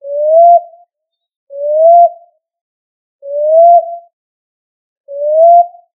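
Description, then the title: Pigeon cooing: four smooth, slightly rising notes, each under a second long, evenly spaced, with no other sounds. "Columbidae Pomba"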